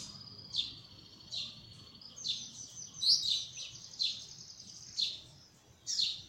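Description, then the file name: Belgian canary song of chirped notes, roughly one each second, joined by short sustained trills. Copper-coloured Belgian canary. "canto do canario belga cobre"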